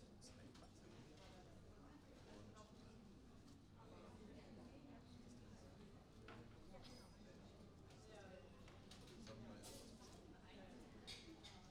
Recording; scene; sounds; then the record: everyday scene through a hearing-aid microphone; many people talking; many voices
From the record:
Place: university cafeteria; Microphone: in the ear canal, right